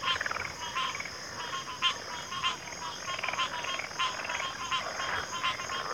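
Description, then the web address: Cricket: loud, dense chorus: high cricket trilling throughout with busy, overlapping frog croaks. Cricket chorus in a backwater. "WLL Grade 1-12 Pre-Uni Library Enter Natures Songs Sleep Sounds of Nature CRICKETS Backwater Chorus"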